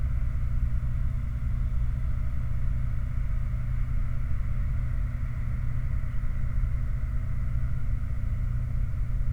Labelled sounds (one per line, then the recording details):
aircraft
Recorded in the Prudhoe Bay oil fields, Alaska, on 29 July 2019 at 03:36
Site 29